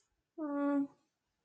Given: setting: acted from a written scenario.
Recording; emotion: vocal sound without words; neutral